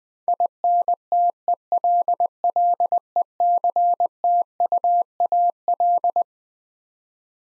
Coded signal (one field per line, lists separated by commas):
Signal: Morse code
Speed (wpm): 20 wpm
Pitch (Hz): 700 Hz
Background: none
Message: INTELLECTUAL